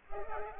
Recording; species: mosquito wingbeat signal from an infrared sensor; Culex pipiens